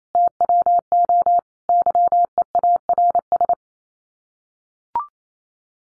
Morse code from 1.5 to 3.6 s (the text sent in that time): YEARS